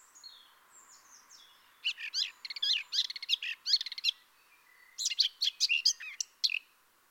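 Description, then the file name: Eurasian blackcap singing a rich, fast warble of varied chirps and trills in two bursts, preceded by a few thin, descending whistles. "Sylvia atricapilla"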